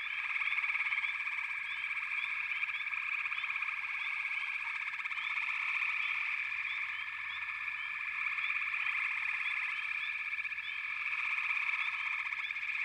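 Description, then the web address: Dense frog chorus of many overlapping trills and short rising chirps, holding steady throughout with slight swells. "The Natural Sounds of the Wilderness 10 CDs collection Echoes of Nature - Frog Chorus"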